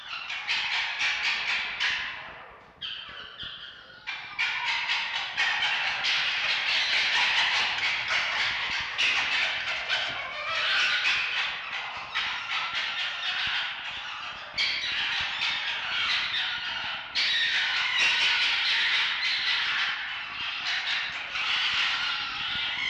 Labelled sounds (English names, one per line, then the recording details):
Red Fox
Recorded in captivity
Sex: group
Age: adult
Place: Zoologisches Institut der HUB, Berlin, DE
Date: 1952-03-21 19:45
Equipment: Elmetra
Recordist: Tembrock, Günter